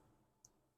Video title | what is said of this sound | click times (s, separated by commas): Tinker & Talk Tuesdays LIVE Stream - Agora Models Diorama - No Time To Die DB5 | That's just going to click into place | 0.4 s